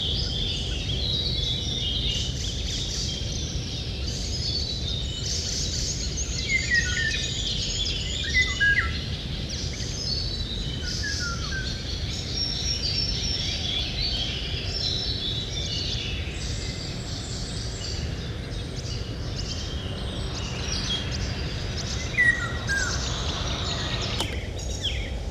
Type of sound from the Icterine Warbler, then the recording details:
song. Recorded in the wild. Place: Petersau, Rheinland-Pfalz, DE. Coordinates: 49.5728, 8.41472. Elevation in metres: 94. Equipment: Uher 4000 Report, Sennheiser MKH 815 T. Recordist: Tretzel, Erwin